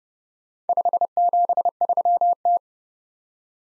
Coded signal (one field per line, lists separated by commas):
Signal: Morse code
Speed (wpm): 30 wpm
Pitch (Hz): 700 Hz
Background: none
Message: 573T